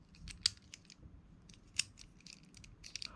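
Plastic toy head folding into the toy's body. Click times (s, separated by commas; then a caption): 0.5 s. The head of a plastic Bakugan Gen 2 Dragonoid transforming toy figure is folded into its closed position against the body, locking in with a sharp, small click at 0.5 s. Further light plastic ticks and a second crisp snap at 1.8 s follow, with a few faint taps near 3.0 s. The head is seated in its folded position.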